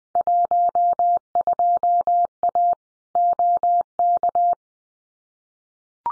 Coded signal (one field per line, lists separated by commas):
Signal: Morse code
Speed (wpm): 20 wpm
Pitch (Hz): 700 Hz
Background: none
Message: 12A OK